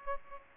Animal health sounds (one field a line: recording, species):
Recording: mosquito wingbeat signal from an infrared sensor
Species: Aedes albopictus